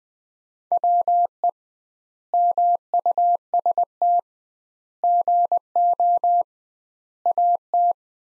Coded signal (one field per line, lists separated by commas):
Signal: Morse code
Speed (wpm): 20 wpm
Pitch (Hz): 700 Hz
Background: none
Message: WE MUST GO AT